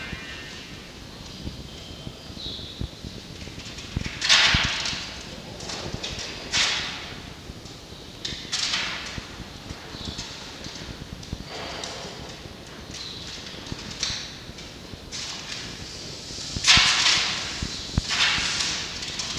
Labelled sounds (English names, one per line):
Red Fox